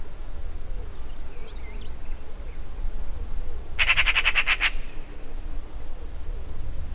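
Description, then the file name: Eurasian magpie giving one harsh, rattling chatter of rapid rasping pulses lasting under a second, over a steady low rumble. "Pica pica"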